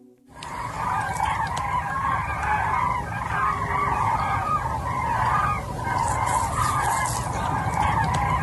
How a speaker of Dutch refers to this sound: Een hele kluit geluk, hoog in de lucht. Overvliegende kraanvogels boven Noorbeek, Zuid-Limburg.